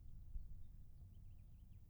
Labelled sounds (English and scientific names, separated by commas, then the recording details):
House Finch (Haemorhous mexicanus) song
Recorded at Lawrence on Long Island, New York, on 4 June 1975
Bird A